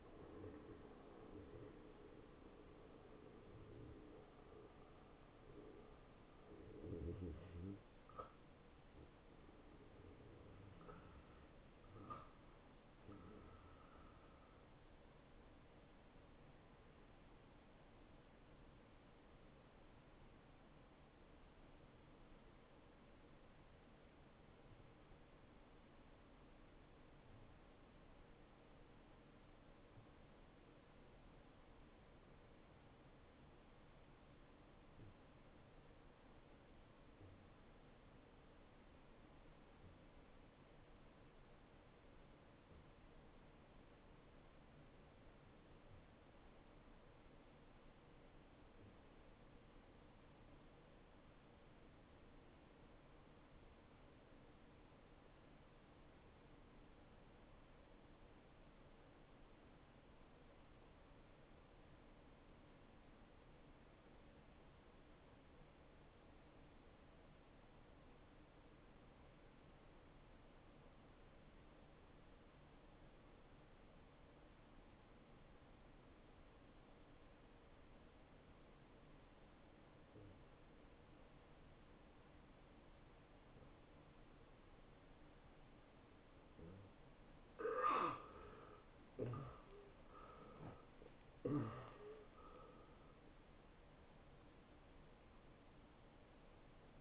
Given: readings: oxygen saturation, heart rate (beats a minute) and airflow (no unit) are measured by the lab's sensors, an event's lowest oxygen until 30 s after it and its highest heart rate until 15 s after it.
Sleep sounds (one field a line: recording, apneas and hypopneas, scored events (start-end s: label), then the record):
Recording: breathing in sleep by a voice recorder at the bedside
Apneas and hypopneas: 1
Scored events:
18.00-86.60 s: hypopnea (N1, oxygen 93% highest, then 64% lowest, heart rate 88 at the start, 94 highest)
44.00-97.01 s: new sleep stage, REM sleep
From the record:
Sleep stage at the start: N1 (lightest sleep)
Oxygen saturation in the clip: 63 to 93%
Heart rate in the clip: 77 to 94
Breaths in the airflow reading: 17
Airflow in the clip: -21.2 to 10.6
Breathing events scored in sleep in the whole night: 263 in 5.5 hours asleep